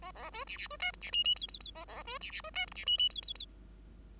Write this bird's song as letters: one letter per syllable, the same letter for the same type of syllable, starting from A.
A A B C C B D E C F F G G G A A B C C B D E C F F G G G